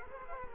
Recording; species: mosquito wingbeat signal from an infrared sensor; Culex quinquefasciatus